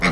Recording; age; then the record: pig call; piglet (1 to 25 days)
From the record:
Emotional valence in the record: positive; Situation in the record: reunion after long isolation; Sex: female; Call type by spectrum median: low-frequency call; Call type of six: low-frequency tonal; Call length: 0.12 s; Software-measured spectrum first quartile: 326 Hz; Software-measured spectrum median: 1199 Hz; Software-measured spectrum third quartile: 2205 Hz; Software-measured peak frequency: 180 Hz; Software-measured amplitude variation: 95 dB a second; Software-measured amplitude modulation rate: 12.1 a second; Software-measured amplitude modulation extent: 7.9 dB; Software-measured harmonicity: 0.2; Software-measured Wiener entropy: -1.17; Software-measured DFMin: 904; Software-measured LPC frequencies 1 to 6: 1258, 2130, 3987, 4779, 5422, 6518 Hz